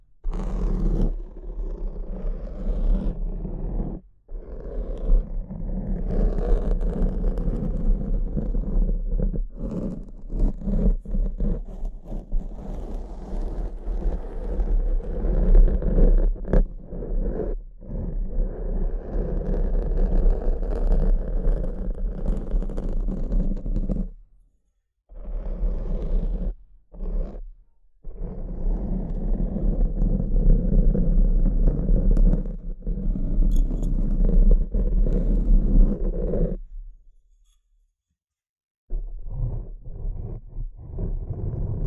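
Tapping and scratching run almost continuously, a dense, rough, low-pitched rasp with quick taps scattered through it. The sound breaks off briefly near 4 seconds, again around 25 and 27 seconds, and stops for a longer pause near 37 seconds before resuming.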